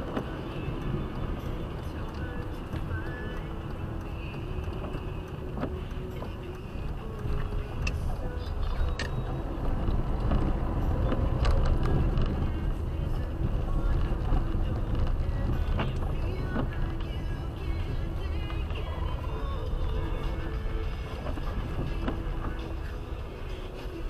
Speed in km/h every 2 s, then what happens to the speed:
35, 28, 18, 21, 21, 21, 22, 21, 21, 17, 10, 6.
0-4 brakes to 18. 4-16 steady at about 21. 16-21 slows to 6.